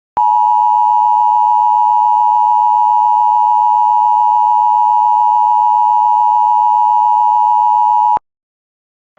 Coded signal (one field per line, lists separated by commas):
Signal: Emergency Alert System (SAME) tones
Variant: 853 and 960 Hz attention tone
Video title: GA TOR EAS #336